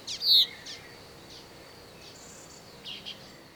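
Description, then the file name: Common chaffinch with one loud, sharp high note at the start, then a few faint high chirps over quiet background hiss. "Fringilla coelebs"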